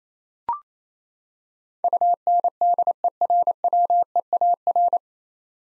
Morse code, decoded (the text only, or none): UNDERWEAR